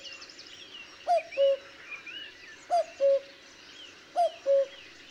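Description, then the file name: Cuckoo sounding three two-note calls, each dropping from a higher to a lower note, among scattered chirps and slurred whistles of other birds. "minutes of cuckoos"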